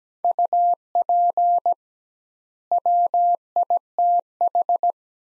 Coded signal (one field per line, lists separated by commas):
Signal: Morse code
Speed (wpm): 17 wpm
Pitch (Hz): 700 Hz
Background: none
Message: UP WITH